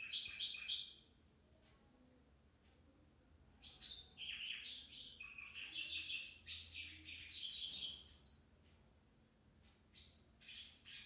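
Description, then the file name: White-browed wagtail singing bursts of high chirping, warbled notes in rapid runs, pausing between phrases, over faint background hum. "Motacilla maderaspatensis"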